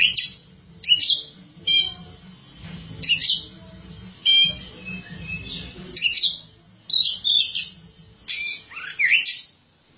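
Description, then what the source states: Oriental magpie-robin singing a varied run of short phrases, sharp whistles, rapid chattering trills and buzzy notes, each burst set apart by brief pauses, with a low hum beneath. Kacer song.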